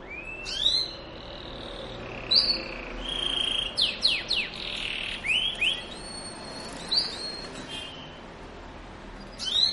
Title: Canto Para Esquentar Canário Belga. suara kenari kawin